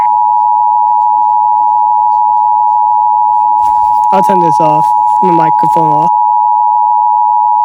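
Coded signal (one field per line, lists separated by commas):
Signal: Emergency Alert System (SAME) tones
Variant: 853 and 960 Hz attention tone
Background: speech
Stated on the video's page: Failed Flash Flood Warning alert for Iowa.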